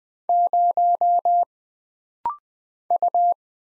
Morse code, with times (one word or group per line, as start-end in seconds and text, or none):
0.3-1.4 0
2.9-3.3 U